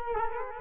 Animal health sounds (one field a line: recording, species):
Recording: mosquito wingbeat signal from an infrared sensor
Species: Culex quinquefasciatus